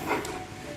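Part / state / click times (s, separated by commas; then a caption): plastic elevator gear assembly into a vending machine elevator frame / not seated / none. A plastic elevator gear assembly of a vending machine is handled at its elevator frame, being set down with its tabs through the holes and slid to the left. Only soft, steady handling noise is heard, slightly louder near 0.1 s. Nothing has seated or clicked yet.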